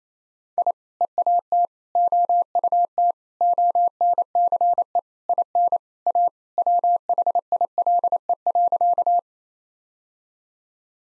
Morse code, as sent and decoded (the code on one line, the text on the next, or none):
.. / . .- - / --- ..- - / --- -. -.-. . / .. -. / .- / .-- .... .. .-.. . .-.-.-
I EAT OUT ONCE IN A WHILE.